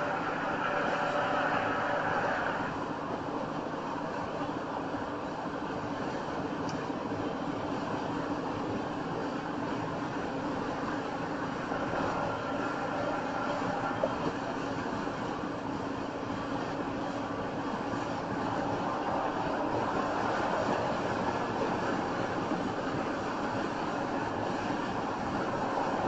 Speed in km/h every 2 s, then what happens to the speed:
101, 101, 101, 101, 103, 103, 103, 105, 106, 109, 111, 113, 113.
0-26 speeds up to 113.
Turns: none.